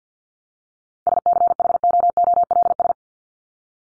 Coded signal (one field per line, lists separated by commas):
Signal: Morse code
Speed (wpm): 50 wpm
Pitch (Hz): 700 Hz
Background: none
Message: SCHOOLS